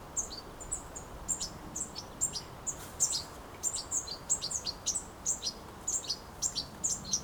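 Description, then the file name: European goldfinch giving thin, twittering high notes in rapid bursts, with faint steady background noise. "Carduelis carduelis"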